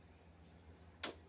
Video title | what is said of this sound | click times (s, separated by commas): how to wire a switch loop from a existing pull chain light with 3 lines in the box to start | So we'll bring all these wires down. We'll snap. | 1.0 s